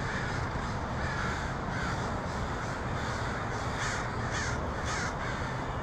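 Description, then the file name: Crows give harsh caws, louder in a few bursts near the end, over continuous hiss. Crows in Portland on 23 October 2018. "pdx crows 2018-10-23"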